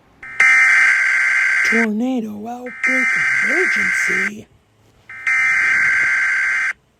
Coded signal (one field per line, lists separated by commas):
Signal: Emergency Alert System (SAME) tones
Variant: header bursts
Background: speech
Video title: Reacting To EAS Scenario #2: Global Hurricane Part One By Superstar Studios Animations